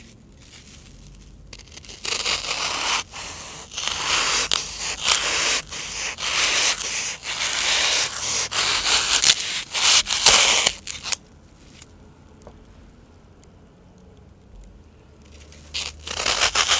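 Floral foam is crunched and scraped in bursts of crisp, bright crackling, starting near two seconds and running dense and uneven until about eleven seconds. A quiet pause with only faint low rumble follows, then the crunching returns briefly near the end.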